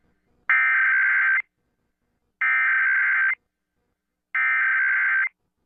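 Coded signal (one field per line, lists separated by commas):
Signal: Emergency Alert System (SAME) tones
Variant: header bursts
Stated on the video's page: National Periodic Test heard on an AM radio station, screen-recorded live from an iPhone radio app; message cut off partway.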